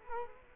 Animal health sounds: mosquito wingbeat signal from an infrared sensor; Culex quinquefasciatus

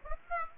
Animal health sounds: mosquito wingbeat signal from an infrared sensor; Aedes aegypti

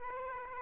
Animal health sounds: mosquito wingbeat signal from an infrared sensor; Aedes aegypti

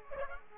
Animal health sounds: mosquito wingbeat signal from an infrared sensor; Aedes aegypti

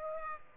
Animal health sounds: mosquito wingbeat signal from an infrared sensor; Aedes aegypti

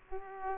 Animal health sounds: mosquito wingbeat signal from an infrared sensor; Aedes aegypti

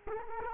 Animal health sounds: mosquito wingbeat signal from an infrared sensor; Culex quinquefasciatus

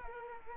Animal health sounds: mosquito wingbeat signal from an infrared sensor; Culex quinquefasciatus

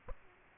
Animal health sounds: mosquito wingbeat signal from an infrared sensor; Aedes aegypti

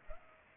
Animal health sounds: mosquito wingbeat signal from an infrared sensor; Culex pipiens

